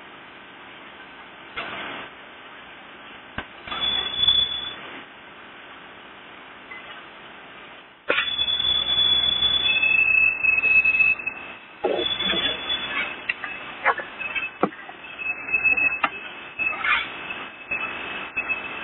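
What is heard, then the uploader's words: Noises fill the clip: for the first eight seconds a quieter rumbling hiss with a few soft swells and a sharp click near three and a half seconds. Around eight seconds it turns harsher and louder, a dense grinding roar with thin whistling tones and repeated bursts until the end. Noises and harsher noises.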